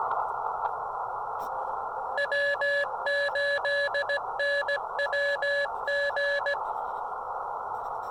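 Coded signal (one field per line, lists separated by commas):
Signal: Morse code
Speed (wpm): 17 wpm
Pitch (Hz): 1700 Hz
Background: none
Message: W8NWG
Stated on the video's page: Morse code from a QRP summit activation using an Elecraft KX2 and Chameleon MPAS Lite antenna, during a solar flare.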